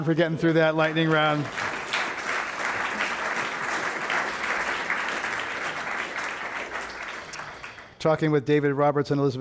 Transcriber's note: applause